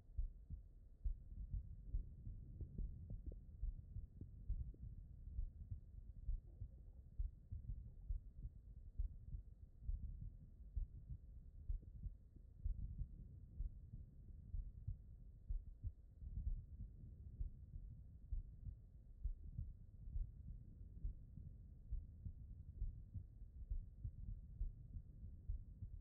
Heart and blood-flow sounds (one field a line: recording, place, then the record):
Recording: heart sounds by stethoscope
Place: pulmonary valve (PV)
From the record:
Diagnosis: non-HFrEF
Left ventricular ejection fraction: 65%